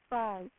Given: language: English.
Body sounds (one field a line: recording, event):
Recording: throat vibration sensor signal played as sound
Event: speech